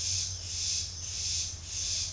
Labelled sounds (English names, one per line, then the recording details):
none
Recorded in secondary vegetation near Puerto Asís, Putumayo, Colombia, on 28 February 2025 at 09:00
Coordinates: 0.498, -76.327
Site G001